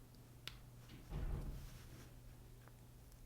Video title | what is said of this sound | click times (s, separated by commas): Installation (EN) | we are ready to attach the external probe to the datalogger be sure to listen for the click | 0.5 s